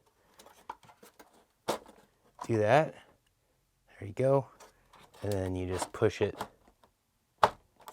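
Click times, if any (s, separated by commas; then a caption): 7.4 s. Someone talks while pushing the removable battery tray of a large FMS Pitts V2 1400mm RC biplane back into the fuselage, with a few light handling taps along the way. The tray's latch snaps home with a sharp, loud click at 7.4 s, and the tray is seated.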